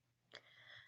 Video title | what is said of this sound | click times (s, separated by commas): How to create a simple and easy bead woven jewelry set | we'll hear that little click | 0.4 s